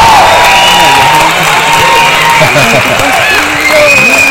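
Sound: applause and cheering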